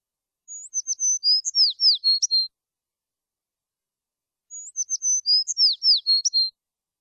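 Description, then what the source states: Sparrow song: a two-second phrase of high, thin whistles and quick descending chirps, sung twice about four seconds apart against a silent background. Small sparrow singing.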